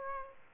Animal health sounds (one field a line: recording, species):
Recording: mosquito wingbeat signal from an infrared sensor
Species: Aedes aegypti